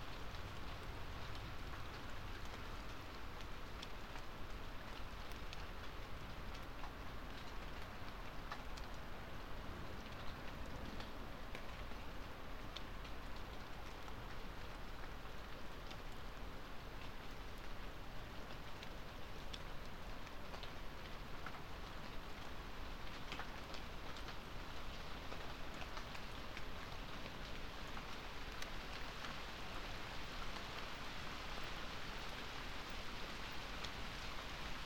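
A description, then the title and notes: Night rain falls steadily on a drystone wall, a dense, even patter of drops with a soft low rumble beneath, unchanging throughout. Night rain falls on a drystone wall. This sound view was recorded from the top of a drystone wall overlooking fields of nocturnal sheep, in the North Yorkshire market town of Settle last August.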